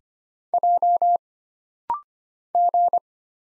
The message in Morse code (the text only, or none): J G